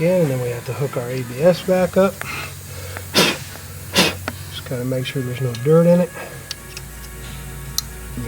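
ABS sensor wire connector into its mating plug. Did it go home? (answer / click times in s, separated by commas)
yes / 7.8 s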